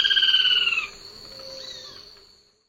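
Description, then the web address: Chestnut-crowned foliage-gleaner giving one harsh, descending rattle lasting under a second. Eastern lowlands of South America. "Natures Songs S America Eastern Lowlands. Chestnut-crowned Foliage-gleaner"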